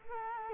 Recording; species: mosquito wingbeat signal from an infrared sensor; Culex quinquefasciatus